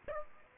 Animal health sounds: mosquito wingbeat signal from an infrared sensor; Aedes aegypti

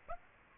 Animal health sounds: mosquito wingbeat signal from an infrared sensor; Aedes aegypti

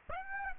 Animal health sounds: mosquito wingbeat signal from an infrared sensor; Aedes aegypti

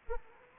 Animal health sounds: mosquito wingbeat signal from an infrared sensor; Anopheles arabiensis

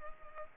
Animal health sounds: mosquito wingbeat signal from an infrared sensor; Culex pipiens

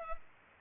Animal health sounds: mosquito wingbeat signal from an infrared sensor; Culex pipiens

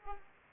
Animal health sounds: mosquito wingbeat signal from an infrared sensor; Culex pipiens

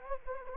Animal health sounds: mosquito wingbeat signal from an infrared sensor; Anopheles gambiae

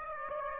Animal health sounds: mosquito wingbeat signal from an infrared sensor; Aedes aegypti

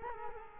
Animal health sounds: mosquito wingbeat signal from an infrared sensor; Culex quinquefasciatus

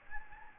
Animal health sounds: mosquito wingbeat signal from an infrared sensor; Anopheles gambiae

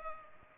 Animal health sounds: mosquito wingbeat signal from an infrared sensor; Culex pipiens

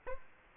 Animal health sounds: mosquito wingbeat signal from an infrared sensor; Aedes aegypti

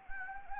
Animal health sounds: mosquito wingbeat signal from an infrared sensor; Anopheles arabiensis

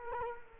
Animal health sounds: mosquito wingbeat signal from an infrared sensor; Culex quinquefasciatus

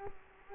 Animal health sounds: mosquito wingbeat signal from an infrared sensor; Culex quinquefasciatus

